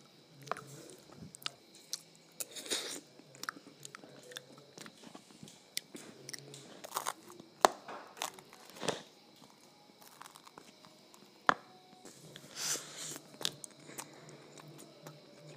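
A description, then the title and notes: Someone eats ice cream and waffles, with irregular crunchy bites and chewing clicks throughout, louder crunches near eight and thirteen seconds. Eating Ice Cream and Waffles.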